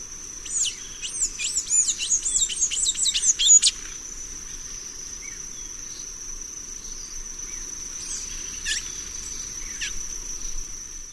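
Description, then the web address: Blue-gray tanager giving a rapid burst of squeaky, twittering high notes for about three seconds, then a couple of short notes, over a constant high insect whine. South America, eastern lowlands. "Natures Songs S America Eastern Lowlands. Blue-gray Tanager"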